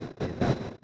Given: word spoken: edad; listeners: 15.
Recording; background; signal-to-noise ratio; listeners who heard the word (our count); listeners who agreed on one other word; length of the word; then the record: one Spanish word in noise, from a listening test; noise modulated by one talker; -9.0 dB; 1 of 15; 6 of 15; 0.44 s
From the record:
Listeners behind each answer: 6, 2, 1, 1, 1, 1, 1, 1, 1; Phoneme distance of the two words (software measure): 17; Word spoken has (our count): 2 syllables, 4 phonemes, stress on syllable 2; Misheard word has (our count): 2 syllables, 5 phonemes, stress on syllable 2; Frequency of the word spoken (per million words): 181.77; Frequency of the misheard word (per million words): 46.65